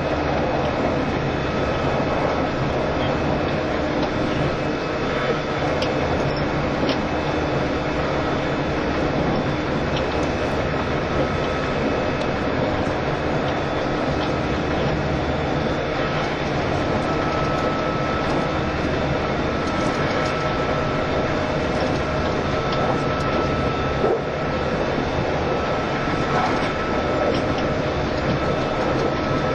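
A train runs steadily throughout, a dense unbroken rumble and rattle with a faint thin whine held on top and occasional small clicks.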